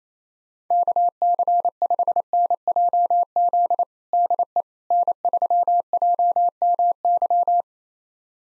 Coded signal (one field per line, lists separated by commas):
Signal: Morse code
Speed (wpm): 28 wpm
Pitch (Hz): 700 Hz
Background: none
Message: KC5NJZ DE N3JMY